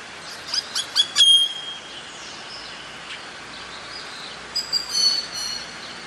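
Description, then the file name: Greater Antillean grackle calls: a rapid run of sharp, high clicking notes, then a pause and a second short burst of ringing harsh notes against hissy background noise. "Koshlar tavyshy - Antil grakly Quiscalus niger"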